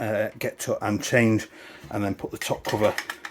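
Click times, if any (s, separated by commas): none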